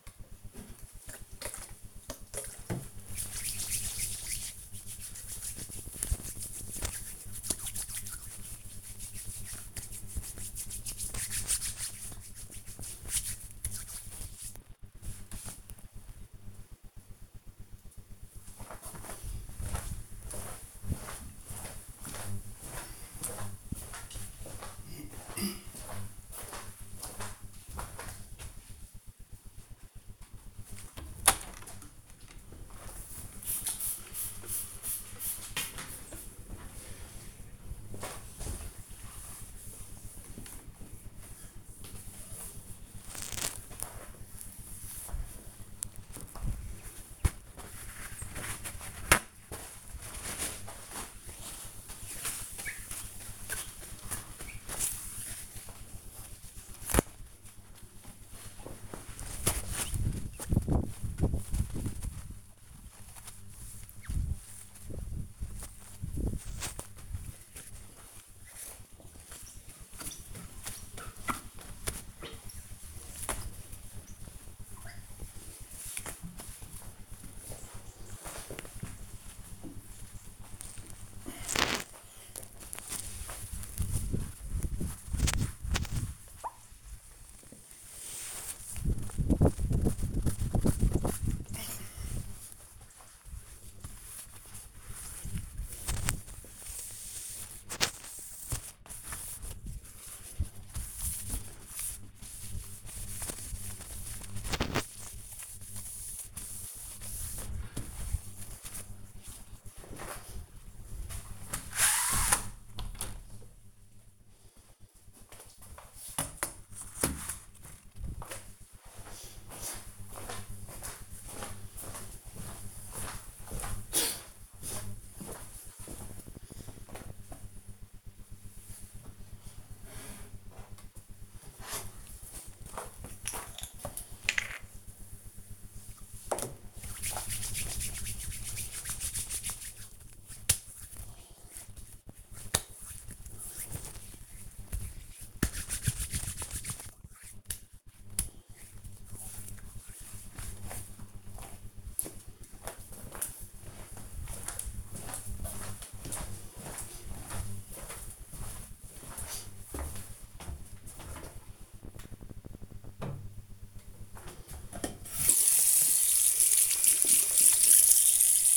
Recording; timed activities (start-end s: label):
household activities, microphone on the right wrist
0.00-14.87 s: disinfecting hands
29.95-109.53 s: window cleaning
130.65-149.78 s: cream hands
162.87-168.57 s: washing hands